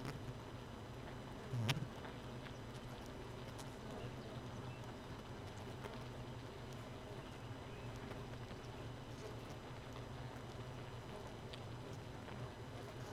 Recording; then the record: honeybee colony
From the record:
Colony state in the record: missing queen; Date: 31 May 2018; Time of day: 4:08